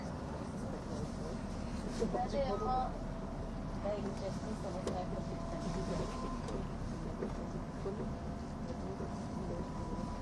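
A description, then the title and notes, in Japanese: A tilting express train's steady low rumble of running gear fills the clip, with faint voices and brief whining tones near two seconds. SBB線 EC311レ02 Arth-Goldau～Bellinzona。スイスでは主力の車体傾斜車両であるETR610形EC、高速性能と曲線通過性能の両者の本領を発揮できるゴッタルドトベーシトンネルルートの列車を収録したものです。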